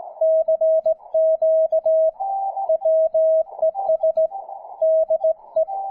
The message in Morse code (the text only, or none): CQ WES DE